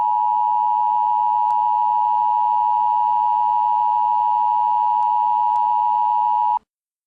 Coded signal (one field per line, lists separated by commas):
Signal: Emergency Alert System (SAME) tones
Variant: 853 and 960 Hz attention tone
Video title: Emergency Alert System: September 11th, 2001